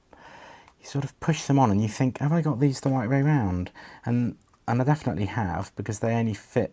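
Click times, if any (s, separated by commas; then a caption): none. A soft rubber landing-leg extension is pushed by hand onto the front arm of a DJI Mavic Air folding drone, with faint handling taps near 0.1 and 0.7 seconds while someone talks. Because the extension is rubber, it is just pushed on and does not latch, so nothing has clicked into place.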